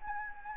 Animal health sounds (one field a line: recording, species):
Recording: mosquito wingbeat signal from an infrared sensor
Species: Anopheles gambiae